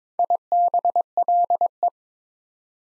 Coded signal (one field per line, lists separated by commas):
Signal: Morse code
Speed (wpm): 26 wpm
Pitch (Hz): 700 Hz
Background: none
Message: IBLE